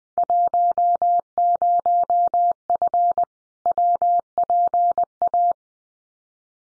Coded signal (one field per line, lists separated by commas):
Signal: Morse code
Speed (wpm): 20 wpm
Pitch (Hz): 700 Hz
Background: none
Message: 10F WPA